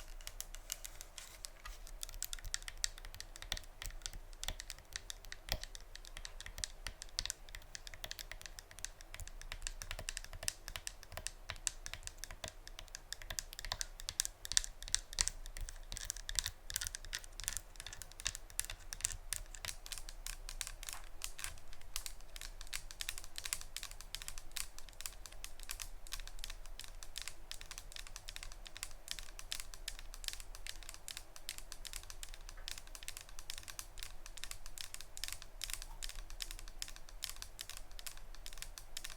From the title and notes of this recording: ASMR Tapping (No Talking).